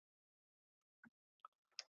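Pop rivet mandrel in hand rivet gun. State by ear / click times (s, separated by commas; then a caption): not seated / none. A hand-operated TACKLIFE 3-in-1 rivet gun (rivet gun, rivet nut and reamer tool) is pumped on an aluminum pop rivet with a steel mandrel (rod), giving three short, sharp clicks at about 1.0, 1.5 and 1.8 s, with the last one loudest. The rivet is only being handled here: the mandrel has not yet snapped and nothing has seated.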